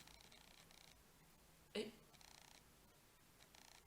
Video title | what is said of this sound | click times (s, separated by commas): Collection Hiver 2015 Stella&Dot | voilà il y a un petit clic | 1.8 s